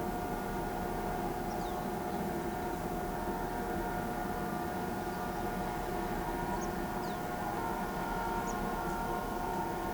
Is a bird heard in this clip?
no